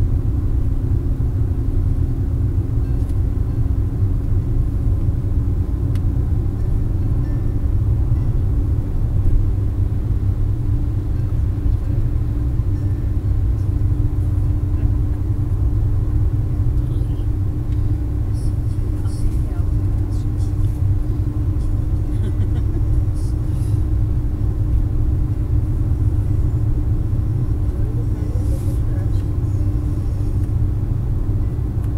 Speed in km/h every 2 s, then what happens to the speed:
77, 78, 80, 82, 83, 84, 84, 85, 85, 86, 86, 87, 87, 86, 84, 83.
0-32 speeds up to 83.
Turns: none.